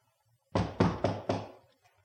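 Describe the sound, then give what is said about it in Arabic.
Four heavy, evenly spaced thuds of a scepter being struck against the floor, each one loud and booming with a short ringing tail, and no voices. “أضرب بالصولجان.”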